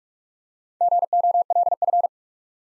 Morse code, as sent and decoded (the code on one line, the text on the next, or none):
--. --- .-.. ..-.
GOLF